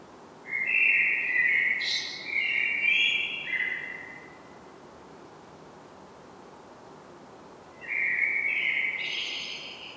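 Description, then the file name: Common blackbird fluty, warbled phrases around a mid-high pitch, a long phrase of several notes with a brief high note in the middle, then a pause and a second phrase rising higher. "Turdus merula"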